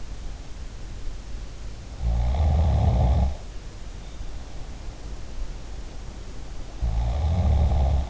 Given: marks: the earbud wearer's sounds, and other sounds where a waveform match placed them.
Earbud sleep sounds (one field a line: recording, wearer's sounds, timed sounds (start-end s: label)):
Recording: sounds in sleep by an in-ear microphone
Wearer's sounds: snoring breath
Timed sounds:
1.96-3.41 s: snoring breath
6.75-8.10 s: snoring breath